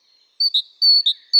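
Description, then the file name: Great tit song: bright alternating high-low whistled notes, clean against a quiet background. "Parus major"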